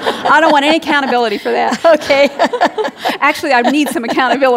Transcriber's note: laughter